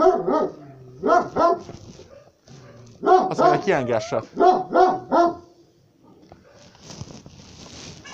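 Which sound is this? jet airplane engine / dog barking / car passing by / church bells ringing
dog barking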